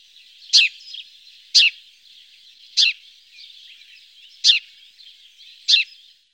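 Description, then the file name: House sparrow chirps: five short, harsh notes at irregular intervals of one to nearly two seconds over a constant background hiss. "gorrion comun"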